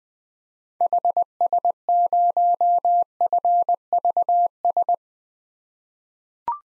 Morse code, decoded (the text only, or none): HS0FVS